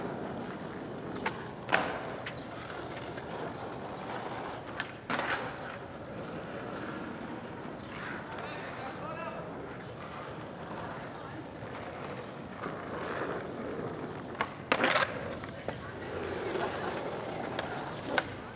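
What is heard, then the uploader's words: Skateboarding in a city park: a steady rolling rumble of wheels runs throughout, with sharp clacks and thumps of the board at about 2, 5, 15 and 18 seconds. Faint voices murmur underneath, and the overall level stays fairly even. Skateboarding in the City Park.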